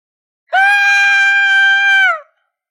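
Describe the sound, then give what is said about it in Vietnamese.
A woman lets out a single sustained, high-pitched scream lasting under two seconds, loud and steady in tone before it cuts off abruptly, with no other sounds around it. “Nguyệt Thiền la hét, đối với nàng đây là một chuyện quá đáng sợ.”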